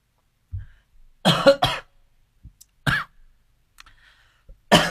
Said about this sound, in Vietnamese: xin lỗi anh chị. Hôm nay tự nhiên nó ho ho.